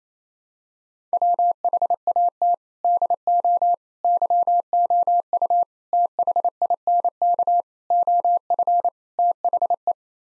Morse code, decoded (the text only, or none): WHAT DO YOU THINK OF THE